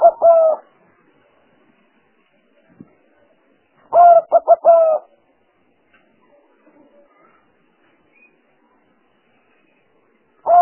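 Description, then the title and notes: Spotted dove cooing phrases separated by long quiet gaps. Collection of turtle dove sounds used as a lure for trapping birds. "Pikat Burung Tekukur Paling Ampuh. Kumpulan suara burung tekukur paling ampuh"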